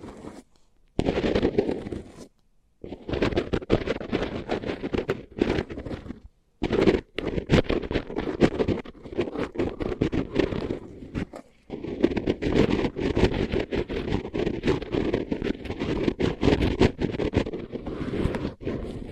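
Dense crinkly scratching and rubbing over taped microphones, with brief silent pauses near one, two and a half, six and a half, eleven seconds.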